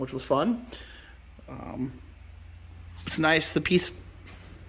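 Someone talks while a Borla ATAK aftermarket exhaust section is handled under a 2020 Explorer ST, to be pushed up into its underbody mount, where it snaps into place before the bolts are tightened. A steady low hum runs beneath the speech. Nothing has seated or clicked yet.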